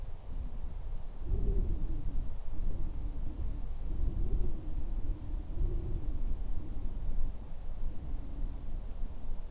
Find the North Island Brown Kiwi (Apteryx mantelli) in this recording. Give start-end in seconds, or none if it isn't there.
none